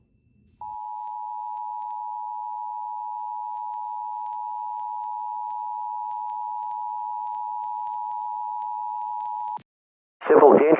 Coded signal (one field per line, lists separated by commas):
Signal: Emergency Alert System (SAME) tones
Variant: 853 and 960 Hz attention tone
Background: speech